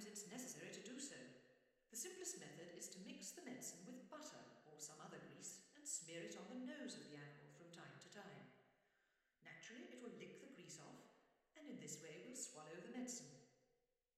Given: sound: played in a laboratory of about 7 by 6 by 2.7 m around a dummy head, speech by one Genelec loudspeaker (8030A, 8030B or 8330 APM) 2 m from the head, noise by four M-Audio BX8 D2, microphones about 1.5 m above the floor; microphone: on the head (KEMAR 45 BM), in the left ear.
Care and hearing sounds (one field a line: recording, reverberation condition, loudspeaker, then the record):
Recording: female speech in English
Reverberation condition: high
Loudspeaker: 90 degrees to the left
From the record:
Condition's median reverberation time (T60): about 1300 ms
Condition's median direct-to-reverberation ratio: about -4.0 dB